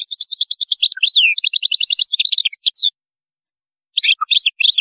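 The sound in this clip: European goldfinch song: quick repeated tinkling notes and slurred chirps, an one-second gap, then more twittering.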